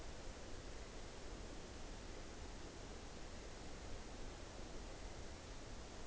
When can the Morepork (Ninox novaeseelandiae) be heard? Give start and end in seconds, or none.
none